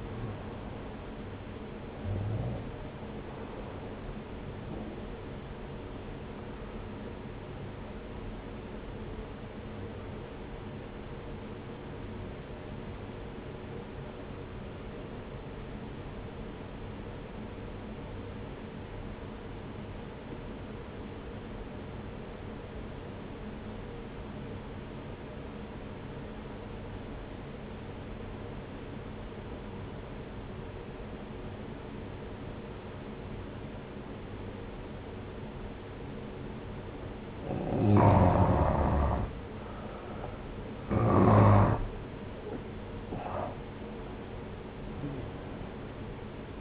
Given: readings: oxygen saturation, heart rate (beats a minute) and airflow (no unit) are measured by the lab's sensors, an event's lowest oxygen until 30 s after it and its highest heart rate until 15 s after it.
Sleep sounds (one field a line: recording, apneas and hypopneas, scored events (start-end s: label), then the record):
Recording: breathing in sleep by a voice recorder at the bedside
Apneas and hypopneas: 1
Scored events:
3.00-46.61 s: new sleep stage, N1 (lightest sleep)
12.00-39.10 s: obstructive apnea (N1, oxygen 95% highest, then 85% lowest)
From the record:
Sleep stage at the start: N2 (light sleep)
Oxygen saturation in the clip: 86 to 95%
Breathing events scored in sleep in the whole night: 303 in 8.1 hours asleep